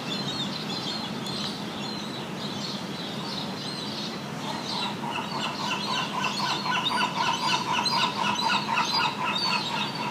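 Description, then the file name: Gulls calling in a dense chorus, harsh harmonic notes repeated rapidly and overlapping, growing busier and louder in the second half, with a steady low background rumble. Gulls recorded in the morning. "Morning Birds seagulls"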